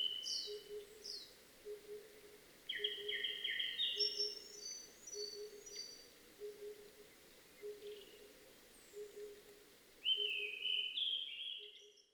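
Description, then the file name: Oriental cuckoo giving low hollow hooting notes in a steady series, while other birds add high chirps and squeaky whistles above. Recorded on 8 May 2007 at 18:40. "tutudori-20070508-1840"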